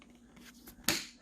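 A boot toe is pushed further into a Burton Photon Step-On snowboard binding, and its toe cleats engage the binding's toe latches. Faint rustling leads up to one sharp, loud click at 0.9 s, which then decays. That click is the second toe click, and it seats the boot firmly in the binding.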